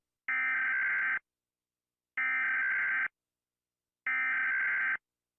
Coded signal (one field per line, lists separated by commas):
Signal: Emergency Alert System (SAME) tones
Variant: header bursts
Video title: Rating eas alarms cuz why not